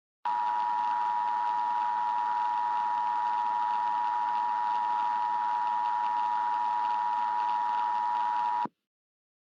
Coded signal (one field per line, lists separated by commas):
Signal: Emergency Alert System (SAME) tones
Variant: 853 and 960 Hz attention tone